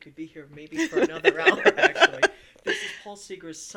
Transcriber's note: laughs